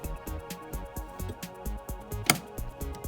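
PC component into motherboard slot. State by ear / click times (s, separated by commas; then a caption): seated / 2.3 s. A PC component is pushed down into its motherboard socket or slot over steady background music with a regular beat. A single sharp click rings out at 2.3 seconds as the part locks into place.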